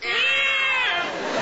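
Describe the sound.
Cat giving one long drawn-out meow.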